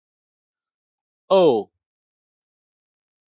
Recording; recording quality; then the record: sustained vowel as in boot; excellent, no background noise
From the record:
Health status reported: healthy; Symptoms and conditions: none ticked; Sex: male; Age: 35 years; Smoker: not ticked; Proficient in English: yes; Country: India